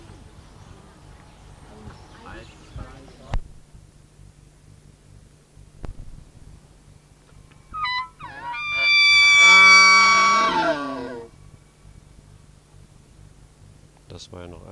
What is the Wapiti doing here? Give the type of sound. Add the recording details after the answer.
call. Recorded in captivity. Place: Tierpark Berlin, Berlin, DE. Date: 1980-10-11 12:39. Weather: sunny, 5-8°C, no wind. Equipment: Nagra SN, Kopie Uher 4200 Report Stereo. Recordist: Tembrock, Günter. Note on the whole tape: Altai-Maral: Rufe